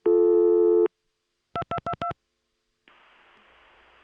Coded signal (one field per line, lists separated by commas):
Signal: DTMF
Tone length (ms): 70 ms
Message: 2222